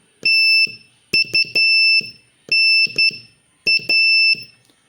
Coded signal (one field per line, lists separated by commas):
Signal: Morse code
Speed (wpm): 12 wpm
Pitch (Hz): 2650 Hz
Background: none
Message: TUNA